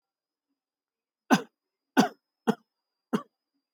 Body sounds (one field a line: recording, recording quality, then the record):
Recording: shallow voluntary cough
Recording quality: excellent, no background noise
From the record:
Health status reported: healthy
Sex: male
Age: 35 years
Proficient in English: yes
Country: India